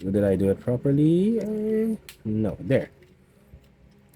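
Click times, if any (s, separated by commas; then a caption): 4.1 s. A plastic foot piece is pushed into the leg of a Baiwei TW-1036 Animated Optimus Prime transforming robot toy after the other foot piece has been redone. Someone talks over the first three seconds, then small handling ticks follow in the quiet. A short, sharp click at 4.1 s marks the foot piece locking home.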